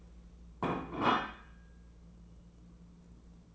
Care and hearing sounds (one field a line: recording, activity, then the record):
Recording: daily activity, microphone in the room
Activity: place plate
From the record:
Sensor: 1